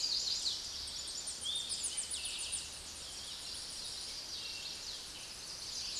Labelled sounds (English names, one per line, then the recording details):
Tennessee Warbler song
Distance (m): 50 m
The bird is about 30 m above the microphone
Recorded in a Pennsylvania forest on 16 May 2024 at 06:19
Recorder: AudioMoth, point MSD-1534
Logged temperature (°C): 15.6 °C
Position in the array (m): 31 m, 61 m